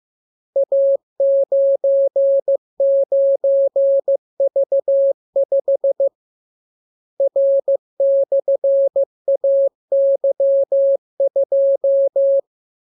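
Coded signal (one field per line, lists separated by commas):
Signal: Morse code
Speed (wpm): 15 wpm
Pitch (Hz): 550 Hz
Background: none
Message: A99V5 R/AY2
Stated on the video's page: Morse code lesson 30 on letters, numbers and punctuation; radiogram opens with VVV and a section sign, ends with AR.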